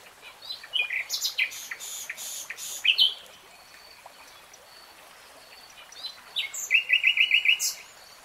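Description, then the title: Nightingale song: scratchy broad notes and short whistles, a pause, then a rapid rattling trill, with a faint background hiss. Nightingale singing in real time. "[Tiếng chim hót] Nightingale Singing"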